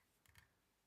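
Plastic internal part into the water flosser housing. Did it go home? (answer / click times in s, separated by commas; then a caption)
yes / 0.4 s. A plastic internal part is fitted into the housing of a Nevadent rechargeable water jet flosser during reassembly, after a fix for it not charging and showing no reaction to power. Two faint ticks come around 0.25 s, then one soft click at 0.4 s as the part clicks into place and is seated.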